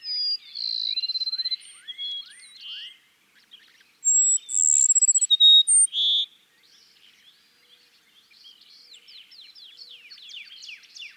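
Cassin's sparrow song heard twice: a sustained high whistle and a rattling trill, then faint rising chirps from other birds in the background.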